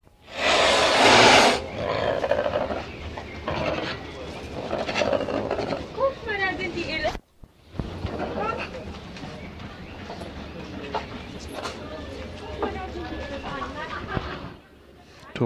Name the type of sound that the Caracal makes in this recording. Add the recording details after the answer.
defence call. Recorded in captivity. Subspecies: michaelis. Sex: male. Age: adult. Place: Tierpark Berlin, Berlin, DE. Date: 1966-05-21 18:30. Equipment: Uher 4200 Report Monitor, Sennheiser MD 421, Transistorverstärker 2. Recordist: Tembrock, Günter